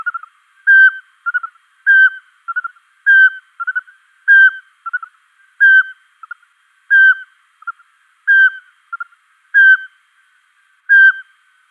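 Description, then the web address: Eurasian pygmy owl giving whistled display notes, a clear piping whistle repeated regularly with softer, shorter whistles slipped in between, in a quiet background. Male display. "Schulze Peter Pygmy Owl"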